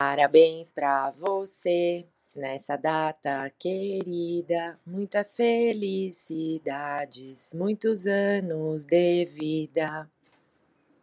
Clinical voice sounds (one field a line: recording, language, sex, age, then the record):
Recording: short text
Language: Brazilian Portuguese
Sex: female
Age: 30 to 39 years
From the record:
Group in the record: control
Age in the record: 39 years